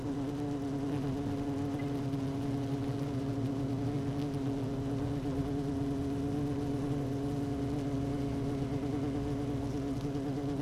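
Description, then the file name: Honey bee hive hum, an even low drone with a rumbling undertone and steady overtones, a few faint clicks above. Hive 1 with queen bee, recorded 12 June 2018 at 16:30. "Hive 1 12 06 2018 Queen Bee H 1 audio 16 30 00"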